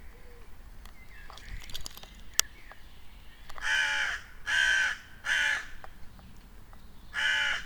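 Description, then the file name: Raven giving harsh croaking caws, four loud calls in the second half after quieter bird chirps and faint outdoor sounds at the start. In a castle park at Ebelsberg. "Rabe im Schlosspark Ebelsberg"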